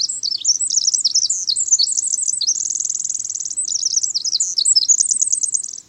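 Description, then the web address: Winter wren singing a long, rapid, high-pitched cascade of tinkling trills and warbles, including a steady trill midway, continuous for about six seconds. Bubbling, cascading, penetrating song, one of the longest and most complex bird songs, sung from within huckleberry bushes beneath tall evergreens. "Birdnote 2005 April -Winter-Wren"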